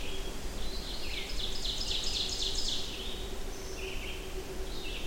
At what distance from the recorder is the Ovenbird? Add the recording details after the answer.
about 40 m. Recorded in boreal forest in Alberta, Canada, on 25 June 2016 at 08:44. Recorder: SongMeter 3, array SBT-6-76. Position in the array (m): 32 m, 109 m. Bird 2